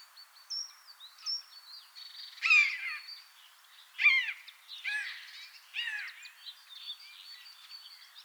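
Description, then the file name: Eurasian jay calls: several harsh, noisy bursts with downward-curving harmonic tones around two to six seconds in, among thin whistles and chirps from other birds. "Garrulus glandarius"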